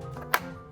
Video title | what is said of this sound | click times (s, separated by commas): Watch Me Set Up My Stylish New Amazon Shade! Transform Your Space with This Easy Home Upgrade! | and it locks in place like so. | 0.3 s